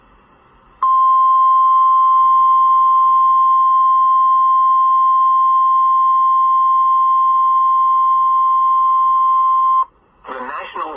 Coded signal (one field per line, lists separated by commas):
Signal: Emergency Alert System (SAME) tones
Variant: 1050 Hz attention tone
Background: speech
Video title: Severe Thunderstorm Warning & Tornado Warning on WXK85 (EAS Alerts: #43-44) - 5/20/19